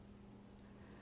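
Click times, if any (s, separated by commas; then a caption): 0.6 s. A compression-lock folding knife is opened, and its spring liner snaps into place under the stop pin against the steel blade. A single short, sharp click is heard at 0.6 s over a steady low hum. The lock is seated and holds the blade locked open.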